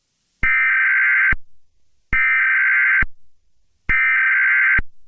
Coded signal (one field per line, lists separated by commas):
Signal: Emergency Alert System (SAME) tones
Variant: header bursts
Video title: EAS Scenario #35: EF6